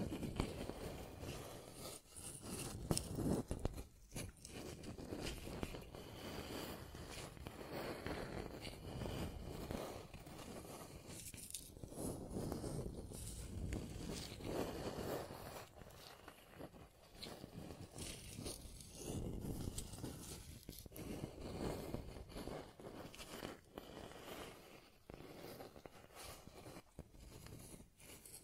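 Scratching and tracing sounds run through the whole recording as a dense, rough rasp, mostly low and midrange with a gritty top. The strokes come in uneven bursts with brief breaks, a sharper accent near four seconds, and the level stays fairly even throughout.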